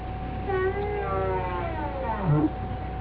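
Whale call: tonal, harmonic moans that hold steady and then glide downward, ending in a low sweeping note, with a constant low hum underneath.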